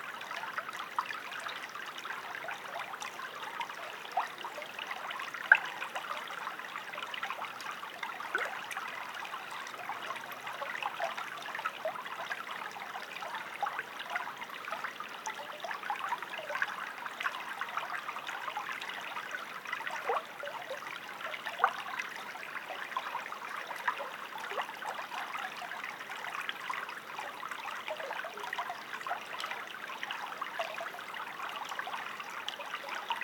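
A small creek runs steadily over stones, a dense, even babble of trickling water centered in the mid and upper range with little low rumble. Tiny splashes and plinks pop out every second or so, without pause for the whole stretch.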